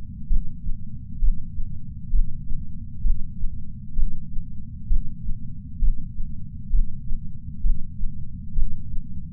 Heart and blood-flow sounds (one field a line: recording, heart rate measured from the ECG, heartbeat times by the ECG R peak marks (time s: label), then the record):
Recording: heart sounds by patch sensor on the chest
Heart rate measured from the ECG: 65 bpm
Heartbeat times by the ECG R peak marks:
0.26 s: heartbeat
1.18 s: heartbeat
2.09 s: heartbeat
3.00 s: heartbeat
3.93 s: heartbeat
4.86 s: heartbeat
5.78 s: heartbeat
6.69 s: heartbeat
7.60 s: heartbeat
8.52 s: heartbeat
From the record:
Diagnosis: coronary artery disease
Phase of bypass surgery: intraoperative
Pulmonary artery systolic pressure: 22 mmHg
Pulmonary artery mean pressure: 15 mmHg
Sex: female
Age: 60 years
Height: 158 cm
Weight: 54 kg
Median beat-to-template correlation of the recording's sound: 0.93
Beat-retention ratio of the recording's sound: 0.95